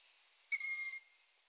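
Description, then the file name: Long-eared owl chick giving one short, shrill, squeaky screech against near silence. Calls of young long-eared owls (chicks). "Asio-otus hlas-mláďat"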